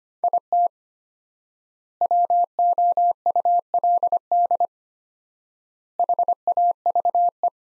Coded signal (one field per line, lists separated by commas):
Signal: Morse code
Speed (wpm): 25 wpm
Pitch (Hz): 700 Hz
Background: none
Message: IT WOULD HAVE